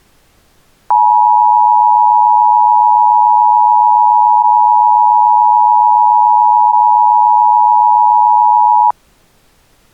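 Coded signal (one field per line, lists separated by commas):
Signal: Emergency Alert System (SAME) tones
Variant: 853 and 960 Hz attention tone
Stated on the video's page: EAS tones in a short fictional scenario.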